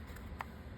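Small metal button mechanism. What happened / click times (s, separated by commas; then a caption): The push button latched down / 0.4 s. After some fiddling with the thumb release button on a metal South Bend 30 spincast fishing reel, the button catches and locks down with a sharp, small click at 0.4 s over a low steady background hum. It had not locked before because it was likely in the wrong position, and now it is seated.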